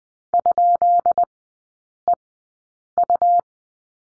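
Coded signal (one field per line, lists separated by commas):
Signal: Morse code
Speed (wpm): 20 wpm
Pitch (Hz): 700 Hz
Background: none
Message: ?EU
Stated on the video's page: Morse course lesson on the question mark, Farnsworth speed 20/10 wpm, three-character groups.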